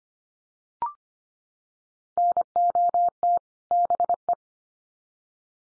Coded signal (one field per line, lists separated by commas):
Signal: Morse code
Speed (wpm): 25 wpm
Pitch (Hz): 700 Hz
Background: none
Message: NOT BE